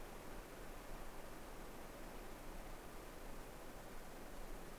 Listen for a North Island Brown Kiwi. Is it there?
no